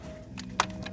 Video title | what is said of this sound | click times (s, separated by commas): Ford Focus TCM Replacement 2012-2018 - Transmission Control Module | yep then you'll hear it pop like that it's fully on fully install I mean the connector | 0.6 s